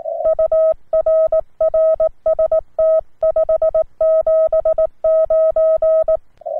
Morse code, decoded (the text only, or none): UR RST 579